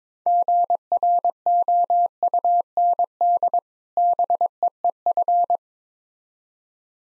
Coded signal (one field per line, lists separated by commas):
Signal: Morse code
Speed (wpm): 22 wpm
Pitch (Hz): 700 Hz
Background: none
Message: GROUND BEEF